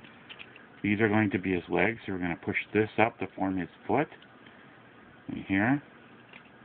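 A plastic leg and foot piece of a Transformers RTS Scout Class Windcharger transforming robot figure is pushed up toward its slot on the body while someone talks over faint handling ticks. The clip ends before the piece locks in, so nothing has seated or clicked yet.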